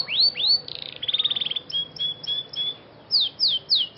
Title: Cengkok Kenari Mewah. KENARI SCOTCH FANCY GACOR CENGKOK MEWAH